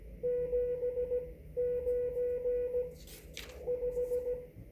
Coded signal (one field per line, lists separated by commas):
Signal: Morse code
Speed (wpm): 15 wpm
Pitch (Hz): 490 Hz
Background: none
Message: 795